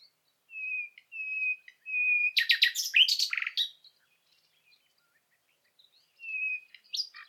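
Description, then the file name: Common nightingale song opening with slow, pure whistled notes, then an explosive burst of dense rattling notes, a pause, and a whistle again. "Luscinia megarhynchos"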